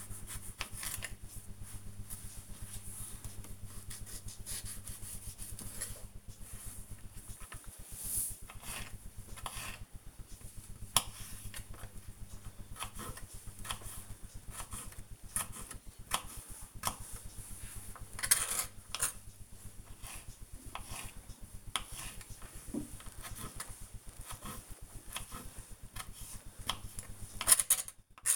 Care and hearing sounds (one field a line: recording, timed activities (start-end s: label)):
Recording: household activities, microphone on the right wrist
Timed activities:
0.00-28.36 s: cutting vegetables